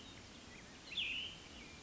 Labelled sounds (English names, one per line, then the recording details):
Cassin's Vireo
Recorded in Sonoma County, California